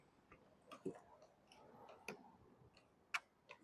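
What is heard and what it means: A heavy liquid-cooled DC fast-charging cable is handled and its connector is pushed into a car's charge port, with several light ticks and clunks along the way. The loudest, sharpest hit is the connector latch clicking home at 3.2 s, leaving the connector seated in the port.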